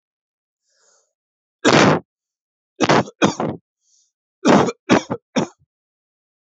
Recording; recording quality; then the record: heavy voluntary cough; excellent, no background noise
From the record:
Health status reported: healthy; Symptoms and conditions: none ticked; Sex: male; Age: 29 years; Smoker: yes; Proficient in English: yes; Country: India